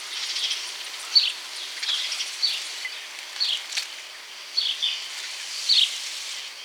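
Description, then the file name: House sparrow giving short, downslurred chirps, singly and in pairs at uneven intervals, over a steady broad hiss. "Passer domesticus"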